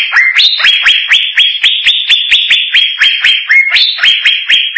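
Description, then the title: Greater green leafbird song, a steady series of bright rising whistled notes, about two each second, with a few higher slurred notes mixed in. "Cucak ijo"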